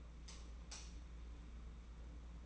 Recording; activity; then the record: daily activity, microphone in the room; light off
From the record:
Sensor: 1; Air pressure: 991.9 hPa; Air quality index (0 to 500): 208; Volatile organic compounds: 1000 ppm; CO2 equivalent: 8046 ppm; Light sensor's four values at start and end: 19/59/24/24 and 9/21/9/9